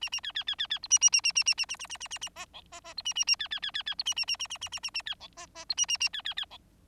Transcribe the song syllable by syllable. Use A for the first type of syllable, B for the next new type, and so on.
A A B B B B B C A A A A A A A A A A A A A D E D D C A A A B B B B B C A A A A A A A A A B E D D C A A A B B B E